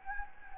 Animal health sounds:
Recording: mosquito wingbeat signal from an infrared sensor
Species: Anopheles gambiae

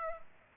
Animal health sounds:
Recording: mosquito wingbeat signal from an infrared sensor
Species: Culex pipiens

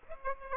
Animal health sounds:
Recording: mosquito wingbeat signal from an infrared sensor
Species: Aedes aegypti

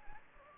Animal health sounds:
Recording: mosquito wingbeat signal from an infrared sensor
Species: Anopheles gambiae

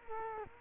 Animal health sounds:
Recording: mosquito wingbeat signal from an infrared sensor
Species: Culex quinquefasciatus

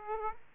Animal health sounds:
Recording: mosquito wingbeat signal from an infrared sensor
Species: Aedes aegypti

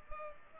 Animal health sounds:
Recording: mosquito wingbeat signal from an infrared sensor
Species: Culex pipiens

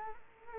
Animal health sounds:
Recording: mosquito wingbeat signal from an infrared sensor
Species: Culex quinquefasciatus

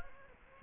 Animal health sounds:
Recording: mosquito wingbeat signal from an infrared sensor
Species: Aedes aegypti

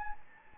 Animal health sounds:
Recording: mosquito wingbeat signal from an infrared sensor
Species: Anopheles gambiae

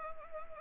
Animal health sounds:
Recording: mosquito wingbeat signal from an infrared sensor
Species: Anopheles arabiensis

